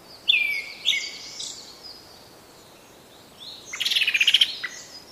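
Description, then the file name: Brown-headed thrush song: two clear whistled notes slurring downward, then a fast buzzy trill of high notes a few seconds later, over quiet background hiss. "akahara"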